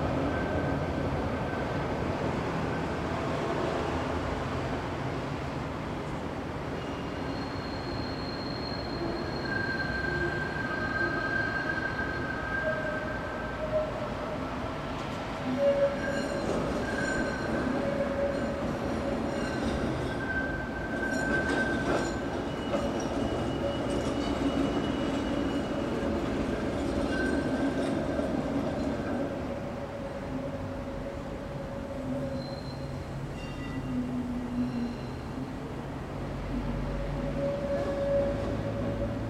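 A steady, dense roar of rail and road traffic runs throughout, with a low rumble underneath. Thin, high squealing tones, like tram wheels on curves, come and go, clustering around 10–30 seconds, and rattling clacks sharpen near the 16- and 22-second marks.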